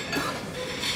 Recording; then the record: coughing mixed with background sound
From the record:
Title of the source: 64 coughing, allergies, singing lungs